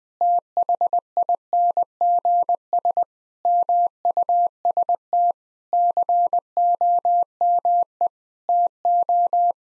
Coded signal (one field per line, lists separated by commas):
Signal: Morse code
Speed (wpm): 20 wpm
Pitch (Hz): 700 Hz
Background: none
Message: THINGS MUST COME TO